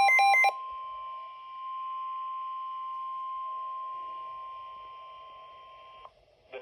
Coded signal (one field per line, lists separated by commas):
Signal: Emergency Alert System (SAME) tones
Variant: 1050 Hz attention tone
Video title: WR120 severe thunderstorm warning (eas#6) #jesus #maga #weather